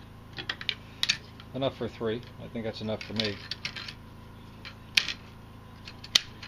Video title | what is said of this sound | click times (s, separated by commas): 3D Printer makes Bow Quiver | they sort of snap in place | 0.5 s, 0.7 s, 1.0 s